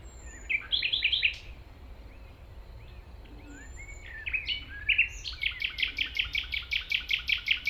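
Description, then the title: Common nightingale song: a rich rattling phrase, a pause with faint notes, then a loud rising whistle into a long fast run of repeated pulses; low hum beneath. 195 Rue de Vars, Chindrieux, France; recordist approaching on foot through tall grass; nightingale is deaf to outside noise while singing. "195 Rue de Vars, 73310 Chindrieux, France - approche d'un rossignol"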